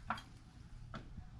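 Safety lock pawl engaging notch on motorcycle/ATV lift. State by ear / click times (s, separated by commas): not seated / none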